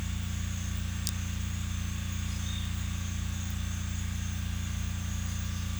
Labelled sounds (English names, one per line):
none